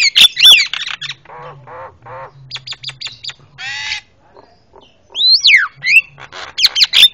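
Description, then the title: Javan myna medley of sharp whistles, nasal croaking notes and a buzzy harsh burst, then rising and falling whistled slurs. Super noisy Javan myna calls, used for training cage birds (masteran). "Jalak Kebo Master Suara Super Berisik Buat Masteran"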